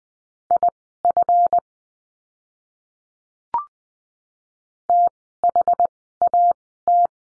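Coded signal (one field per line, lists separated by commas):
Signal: Morse code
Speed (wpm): 20 wpm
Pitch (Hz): 700 Hz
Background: none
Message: IF THAT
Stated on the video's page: Morse course lesson, words with letter Y, Farnsworth speed 20/10 wpm.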